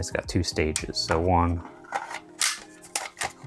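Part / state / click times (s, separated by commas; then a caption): stereo screen mount into head unit bracket / partly seated / 3.0 s. A stereo screen mount is pushed into the head unit bracket of a Haudio S10C 10.1" single DIN car stereo, whose two-stage latch catches at 3.0 s with a sharp click. The mount seats only at the first stage and sits loosely, so it is partly in. Someone talks beforehand, and a few other brief taps are heard around it.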